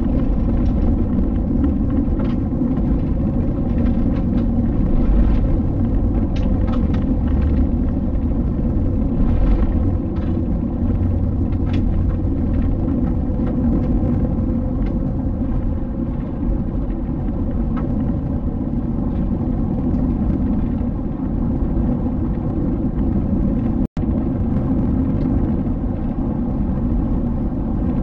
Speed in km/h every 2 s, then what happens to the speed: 69, 69, 65, 64, 63, 64, 65, 69, 73, 75, 77, 79, 79, 79.
0-9 slows to 63. 9-22 speeds up to 79. 22-28 steady at about 79.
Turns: none.